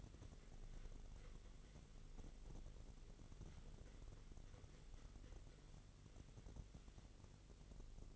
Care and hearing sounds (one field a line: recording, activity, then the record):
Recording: daily activity, microphone in the room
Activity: wipe stove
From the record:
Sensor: 4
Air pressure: 1004.2 hPa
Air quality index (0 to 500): 158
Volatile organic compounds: 2 ppm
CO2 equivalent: 1124 ppm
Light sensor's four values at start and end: 14/32/13/14 and 13/32/13/14